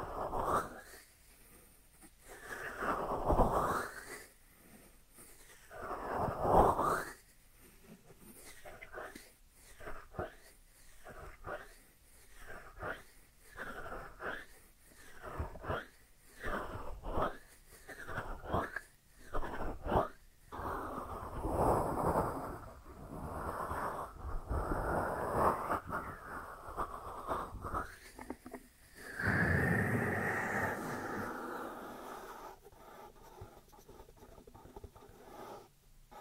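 Dry hands rub and swish together, first in scattered strokes, then in a steady rhythm of quick passes roughly once a second. Past the midpoint the rubbing turns denser and continuous, with one louder sweep near thirty seconds before it fades quieter.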